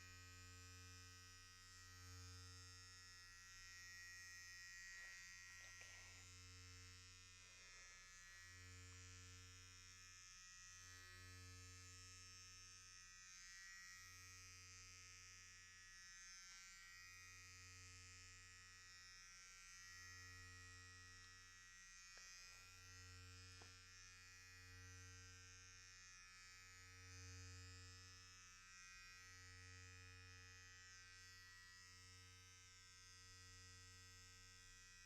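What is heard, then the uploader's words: An electric clipper buzzes steadily through the whole recording, a dense, even drone with a low hum beneath and a bright hiss on top. The tone pulses slightly about every three seconds as the clipper moves, with faint clicks and shifts around 5–8 and 22 seconds. HAIRCUT, SHAVE, & SIDE BUZZ (Barbershop RP).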